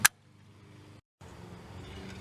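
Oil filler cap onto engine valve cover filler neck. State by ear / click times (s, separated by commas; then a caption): seated / 0.1 s. The oil filler cap on a 2003 PT Cruiser is twisted tight onto the engine valve cover filler neck after the new oil is poured in, giving one sharp, loud click at 0.1 s as it seats. A low, steady hum follows, breaks off into a brief silence around 1.0 to 1.2 s, then returns as a broader noise that slowly grows louder until the end.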